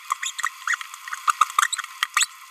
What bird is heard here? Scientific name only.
Forpus passerinus